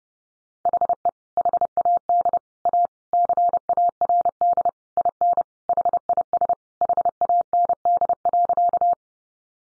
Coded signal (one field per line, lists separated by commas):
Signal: Morse code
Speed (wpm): 30 wpm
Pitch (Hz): 700 Hz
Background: none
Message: HE HAD A CARD IN HIS HAND.